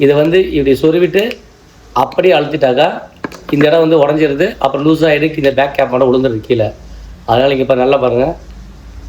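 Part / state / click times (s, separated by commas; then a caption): back cap into flip car key shell / not seated / none. A man talks throughout while handling the back cap of a modified plastic flip car key shell for a Suzuki. It is about to be inserted and pushed toward him so it locks, since pressing it straight down breaks the shell and lets the back cap fall off. The clip ends before the cap goes home, so nothing has seated or clicked yet.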